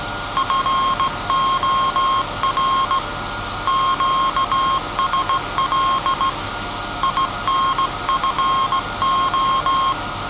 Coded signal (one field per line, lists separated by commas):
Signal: Morse code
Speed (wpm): 16 wpm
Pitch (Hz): 1070 Hz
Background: none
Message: FOR QSL INFO